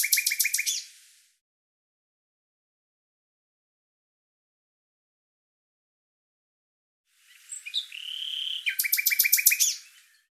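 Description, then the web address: Bird song: a rapid buzzy trill of repeated notes, long silence, then a whistled note leading into another fast, even trill. "Deverinetal 2025"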